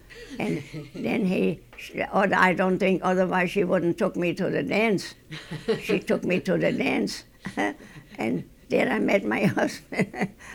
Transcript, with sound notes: Then he, oh, I don't think, otherwise she wouldn't took me to the dance. ( they laugh ) She took me to the dance, and there I met my husband.